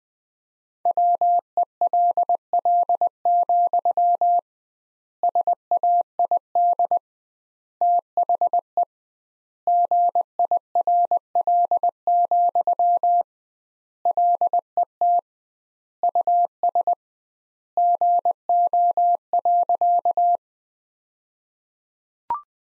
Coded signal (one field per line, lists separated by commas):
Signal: Morse code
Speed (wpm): 20 wpm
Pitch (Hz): 700 Hz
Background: none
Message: WELL, SAID THE GIRL, LET US GO.